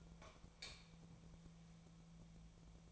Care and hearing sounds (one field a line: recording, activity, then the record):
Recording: daily activity, microphone in the room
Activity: light off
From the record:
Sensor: 1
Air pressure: 1000.1 hPa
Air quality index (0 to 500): 131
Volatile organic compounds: 2 ppm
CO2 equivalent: 1243 ppm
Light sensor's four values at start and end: 31/84/34/40 and 27/69/29/35